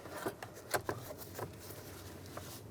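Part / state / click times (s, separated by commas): steering wheel wiring harness connector into steering column socket / not seated / none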